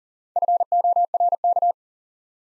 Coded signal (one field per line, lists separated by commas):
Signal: Morse code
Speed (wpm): 42 wpm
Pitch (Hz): 700 Hz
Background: none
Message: FORK